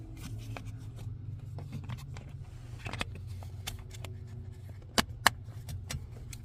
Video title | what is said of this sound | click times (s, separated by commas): 2006–2009 Toyota Camry Fuse Box Location & Diagram - Quick DIY Guide | Easy, just line up the tab and push, it's click in place. | 5.0 s, 5.3 s